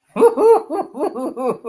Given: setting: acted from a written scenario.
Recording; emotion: vocal sound without words; amusement